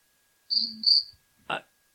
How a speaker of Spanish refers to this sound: Suena un grillo ahí.